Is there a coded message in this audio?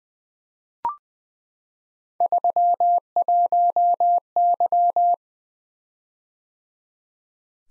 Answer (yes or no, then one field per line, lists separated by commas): yes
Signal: Morse code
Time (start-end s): 2.2-5.1 s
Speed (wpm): 20 wpm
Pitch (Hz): 700 Hz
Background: none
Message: 31Y